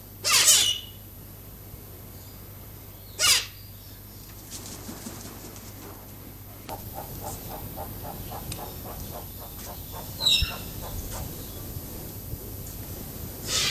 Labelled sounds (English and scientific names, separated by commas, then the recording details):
Silvery-cheeked Hornbill (Bycanistes brevis) call
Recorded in captivity
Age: adult
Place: Zoo Berlin, Berlin, DE
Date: 2005-08-26 15:29
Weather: sonnig, ca. 17°C
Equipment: Panasonic RQ-2102, Sennheiser ME 80, Kopie Uher 4000 Report Monitor
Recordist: Tembrock, Günter